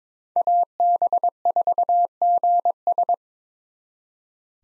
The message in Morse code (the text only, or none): AB4GS